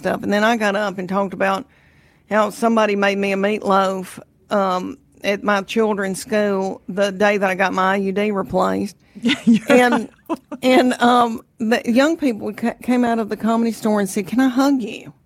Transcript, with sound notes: And then I got up and talked about how somebody made me a meatloaf at my children's school the day that I got my IUD replaced.
(Laughter).
And young people came out of the comedy store and said, can I hug you?